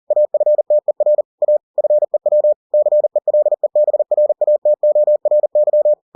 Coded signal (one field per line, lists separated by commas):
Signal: Morse code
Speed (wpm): 40 wpm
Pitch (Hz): 600 Hz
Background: none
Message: AFTER A FEW CELEBRATORY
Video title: The Martian by Andy Weir in Morse code - 40WPM - Chapter 10